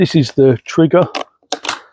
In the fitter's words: elle se clipse simplement